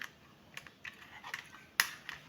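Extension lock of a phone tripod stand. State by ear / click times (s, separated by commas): not seated / none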